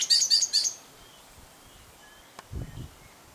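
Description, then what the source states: Common blackbird song fragment: three quick high twittering notes at the start, then quiet with a brief low rustle near the end. Male singing.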